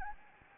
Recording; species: mosquito wingbeat signal from an infrared sensor; Anopheles gambiae